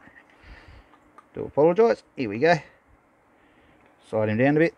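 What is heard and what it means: A machined metal part of a Tiger Squonk vape mod, a new, unused model from 2013, is handled and slid down toward its place in the mod body while someone talks, with only faint handling ticks under the voice. Nothing has seated or clicked into place yet when the clip ends.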